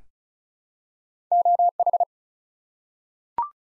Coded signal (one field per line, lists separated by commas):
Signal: Morse code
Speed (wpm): 36 wpm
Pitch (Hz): 700 Hz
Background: none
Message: OH